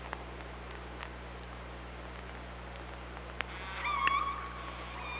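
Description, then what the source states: Killer whale call: after several seconds of hiss and scattered clicks, a short harmonic call with a bending tone rises near the end. OrcaLab hydrophone, 24 August 2017.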